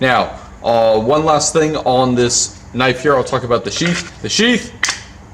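Someone talks while handling a knife and its molded sheath. The blade has not yet been pushed in, so nothing has seated or clicked yet.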